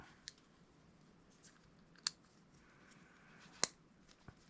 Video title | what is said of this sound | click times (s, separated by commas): Don’t Be Afraid To Take Apart Your Abu Garcia 6500c3 Catfish Special | Hear it snap in. | 3.6 s